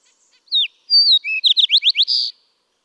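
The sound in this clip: Fox Sparrow giving a rich song phrase of clear slurred whistles, followed by a rapid series of rising notes and a final buzz.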